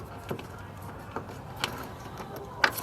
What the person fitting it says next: And listen for the click. That way you know it's locked in.